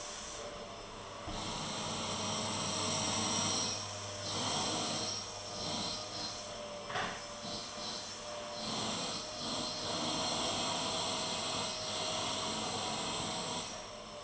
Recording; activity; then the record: daily activity, microphone in the room; vacuum cleaning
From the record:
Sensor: 4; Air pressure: 1010.4 hPa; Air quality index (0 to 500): 179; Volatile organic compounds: 5 ppm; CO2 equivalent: 1813 ppm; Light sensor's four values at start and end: 33/97/38/38 and 33/98/38/38